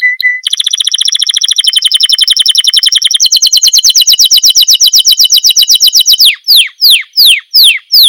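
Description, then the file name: Canary song: a brief high note, then long rapid trills that shift pitch, ending in slower sweeping downward whistles. "kanarini"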